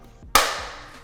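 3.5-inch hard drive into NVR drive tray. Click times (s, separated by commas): 0.4 s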